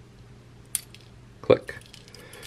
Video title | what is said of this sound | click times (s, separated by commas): The 4" Assassin. Black Dog Baits' SHELLCRACKER G2 | you'll hear it click click | 0.8 s